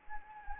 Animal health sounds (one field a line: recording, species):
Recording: mosquito wingbeat signal from an infrared sensor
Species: Anopheles gambiae